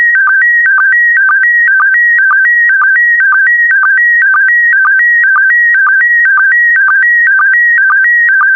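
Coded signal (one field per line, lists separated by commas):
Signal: SSTV (slow-scan television)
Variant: PD120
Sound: steady warbling two-pitch tone with short low blips twice a second, repeating evenly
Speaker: the next image transmission will start in 10 seconds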